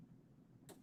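A small plastic clip on a model train car that had popped out is pushed back in and seats with a single soft click at 0.7 s, over a low steady hum. Right after the click someone talks.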